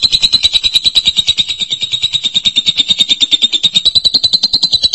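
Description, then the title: Lovebird chatter, a fast continuous buzzy trill of rapid clicking notes holding a steady high pitch throughout. "BM Suara Burung Lovebird"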